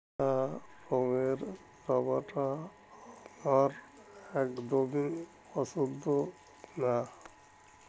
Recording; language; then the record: elicited speech; Bengali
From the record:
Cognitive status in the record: dementia